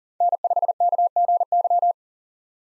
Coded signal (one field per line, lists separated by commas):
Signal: Morse code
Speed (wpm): 40 wpm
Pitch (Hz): 700 Hz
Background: none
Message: N5KGY